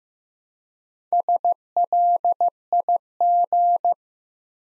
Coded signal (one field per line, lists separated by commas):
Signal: Morse code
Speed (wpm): 15 wpm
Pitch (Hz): 700 Hz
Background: none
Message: SLIG